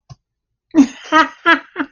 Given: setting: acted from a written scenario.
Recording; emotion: vocal sound without words; amusement